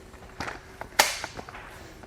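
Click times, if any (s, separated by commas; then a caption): 1.0 s. The two legs of a Telesteps telescoping aluminum A-frame ladder are pulled apart, with light clacks at about 0.4 and 0.8 s. The spreader latch between the legs then snaps into place with a sharp, loud click at 1.0 s, followed by a few softer taps up to about 1.5 s. The spreader is locked in place, holding both sides even.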